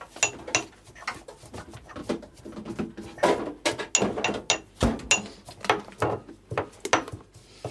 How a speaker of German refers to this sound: Ja, und du musst doch auch den Cannabis erstmal mörsern. Ich kann es machen.